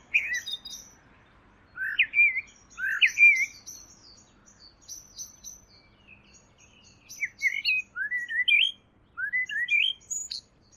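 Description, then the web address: A singing bird gives rising, sweet whistled notes with faint high tinkling notes above, building into a fast sequence of upslurred whistles toward the end. "Deverinetal. Bird Only"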